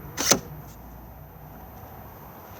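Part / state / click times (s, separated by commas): barbecue hose bayonet plug in external gas outlet / released / 0.3 s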